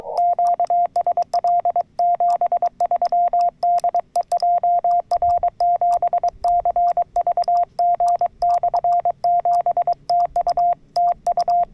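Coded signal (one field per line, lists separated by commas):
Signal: Morse code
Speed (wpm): 23 wpm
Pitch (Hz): 700 Hz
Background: radio noise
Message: QSL 73 DE JR7CVG/7 TU TU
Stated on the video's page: SOTA/POTA summit and park activation, FTX-1F at 10W, RHM12 antenna, 40m and 2m, BaMaKeY TP-III paddle.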